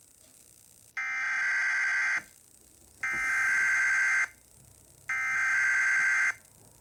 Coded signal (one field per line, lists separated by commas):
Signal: Emergency Alert System (SAME) tones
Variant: header bursts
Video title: Waterloo #EAS (Late)